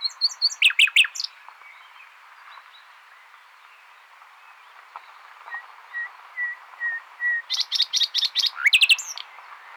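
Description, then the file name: Common nightingale song: loud rapid rattling bursts open, then a quiet pause, a string of soft level whistles, and a final burst of sharp, fast metallic notes. "Luscinia megarhynchos"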